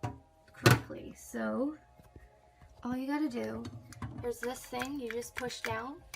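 Someone talks while handling the hose quick-connect coupling of a hOmeLabs compact countertop dishwasher at the faucet adapter, with a sharp handling knock near 0.7 s. The coupling is not yet pushed home onto the faucet connector, and nothing has seated or clicked yet.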